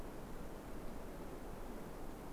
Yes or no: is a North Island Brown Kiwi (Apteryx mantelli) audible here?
no